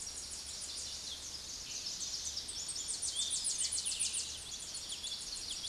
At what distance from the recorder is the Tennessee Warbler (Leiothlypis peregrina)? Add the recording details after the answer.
about 30 m. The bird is about 25 m above the microphone. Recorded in a Pennsylvania forest on 16 May 2024 at 06:19. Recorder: AudioMoth, point MSD-2306. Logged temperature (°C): 15.6 °C. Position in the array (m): 31 m, 61 m